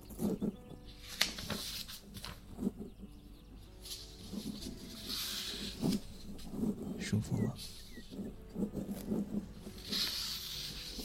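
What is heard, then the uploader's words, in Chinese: Pages turn and a pen writes, with soft low murmuring thumps recurring throughout. Airy rustling swishes rise around five and ten seconds, and sharp taps land near one, six and seven seconds over a faint steady hiss. 温柔低语。翻书。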